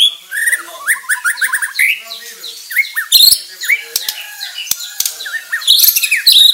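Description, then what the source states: White-rumped shama song of busy chattering notes, quick slurred whistles and occasional loud sharp chips, varied and unevenly spaced throughout. Bordan type of white-rumped shama.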